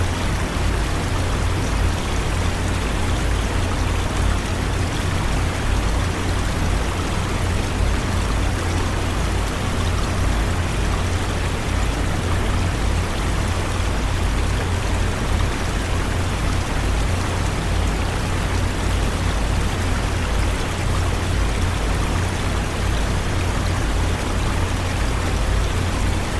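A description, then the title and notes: A steady, dense wash of rushing water fills the whole clip, like a stream or pouring flow, with no breaks or changes in level. Beneath it runs a constant low machine hum, and the upper range stays bright and hissing throughout. Space Station & Water Sounds White Noise.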